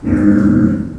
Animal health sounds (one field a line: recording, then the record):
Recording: squeal of a Yucatan mini pig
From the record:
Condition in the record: after surgery on the right vocal fold (resection and tissue-engineered implant)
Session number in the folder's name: 7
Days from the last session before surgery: 47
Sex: female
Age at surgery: 19 weeks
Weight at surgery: 25 kg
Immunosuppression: prednisolone